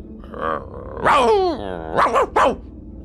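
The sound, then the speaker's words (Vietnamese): A dog snarls with a low rumbling growl, then lets out a loud, drawn-out bark followed by three quick, sharp, fierce barks in succession. “Nó sủa lên vài tiếng dữ dội, rồi bất thình lình lao thẳng vào mặt bà Phán.”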